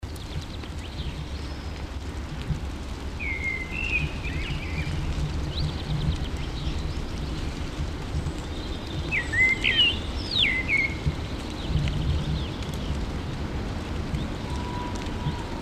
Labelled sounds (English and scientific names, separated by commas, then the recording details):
Common Blackbird (Turdus merula) song
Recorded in the wild
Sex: male
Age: adult
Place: Garmisch-Partenkirchen, Bayern, DE
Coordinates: 47.4872, 11.1433
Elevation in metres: 879
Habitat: mountains
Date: 1969-04-13
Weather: Schneefall
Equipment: Uher 4000 Report
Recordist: Tretzel, Erwin